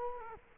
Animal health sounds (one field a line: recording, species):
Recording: mosquito wingbeat signal from an infrared sensor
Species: Culex quinquefasciatus